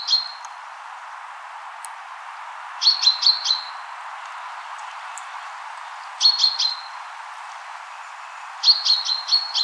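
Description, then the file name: Common chaffinch calling in short bursts of a few sharp high notes, repeated every few seconds, over a steady background hiss. "Fringilla coelebs"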